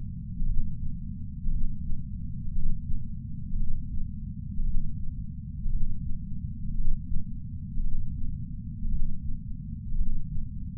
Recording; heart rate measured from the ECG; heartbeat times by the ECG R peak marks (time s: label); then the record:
heart sounds by patch sensor on the chest; 57 bpm
0.45 s: heartbeat
1.50 s: heartbeat
2.52 s: heartbeat
3.57 s: heartbeat
4.63 s: heartbeat
5.69 s: heartbeat
6.74 s: heartbeat
7.81 s: heartbeat
8.88 s: heartbeat
9.95 s: heartbeat
From the record:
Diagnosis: coronary artery disease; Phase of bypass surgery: preoperative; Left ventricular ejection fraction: 61.9%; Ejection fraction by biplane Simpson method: 50.3%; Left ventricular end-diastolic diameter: 48 mm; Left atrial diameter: 41 mm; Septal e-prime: 7.5 cm/s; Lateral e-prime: 8.4 cm/s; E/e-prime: 8.7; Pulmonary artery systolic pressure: 21 mmHg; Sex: male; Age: 71 years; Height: 162 cm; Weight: 75 kg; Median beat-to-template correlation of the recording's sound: 0.81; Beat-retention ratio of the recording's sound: 0.97